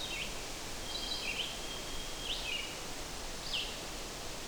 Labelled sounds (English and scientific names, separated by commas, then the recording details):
Red-eyed Vireo (Vireo olivaceus) song
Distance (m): 35 m
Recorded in boreal forest in Alberta, Canada, on 12 June 2016 at 07:31
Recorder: SongMeter 3, array SBT-3-18
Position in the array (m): 203 m, 128 m